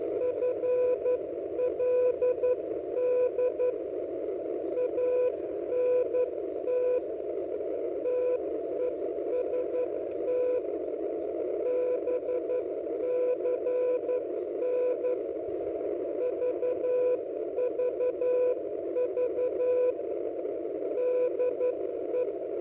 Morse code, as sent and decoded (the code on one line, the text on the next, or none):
..-. .-.. -.. / .- -. - / - . ... - / -... -.-. -. / ...- ...- ...- / -.. .
FLD ANT TEST BCN VVV DE